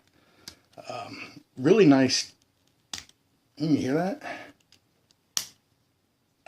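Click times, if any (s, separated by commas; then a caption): 5.4 s. Someone talks while working a plastic joint on a transforming robot toy figure. A sharp, loud snap at 5.4 s marks the joint snapping into place, seated tight.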